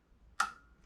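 A plastic arrow nock is snapped onto the bowstring of a compound bow, just above the brass stopper, on a second try. A sharp click at 0.4 s rings out briefly with a bright tone near 1.3 kHz over quiet background noise. The nock is seated on the string.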